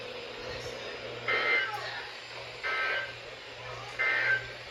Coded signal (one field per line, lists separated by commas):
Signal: Emergency Alert System (SAME) tones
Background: speech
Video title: Multiple Day Chaos - Alerts from 5/13/25 - 5/16/25 (EAS #1513 - 1541)